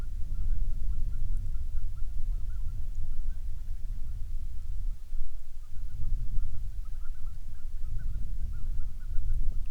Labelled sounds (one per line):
waterfowl